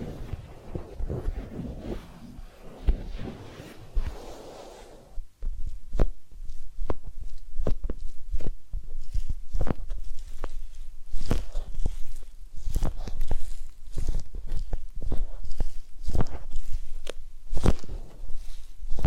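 A massage and ear-cleaning session, opening with about five seconds of dense rubbing and rustling with a low, murmuring undertone. After a brief drop, the sound turns into sharp, separate taps and brushing strokes that repeat irregularly, roughly once or twice per second.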